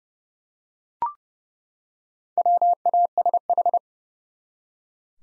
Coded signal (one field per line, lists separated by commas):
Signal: Morse code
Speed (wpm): 32 wpm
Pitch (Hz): 700 Hz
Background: none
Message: WASH